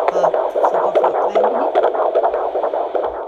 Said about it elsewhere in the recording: That sound you just heard is my fetus's heartbeat during a routine prenatal visit.